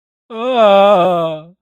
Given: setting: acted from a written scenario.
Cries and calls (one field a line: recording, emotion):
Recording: vocal sound without words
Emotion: fear